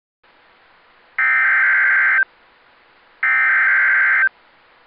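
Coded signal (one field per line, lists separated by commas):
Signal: Emergency Alert System (SAME) tones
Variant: header bursts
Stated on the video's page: Special Marine Warning received from NOAA weather radio station in Toledo on 162.500 MHz, transmitter in Holland, Ohio.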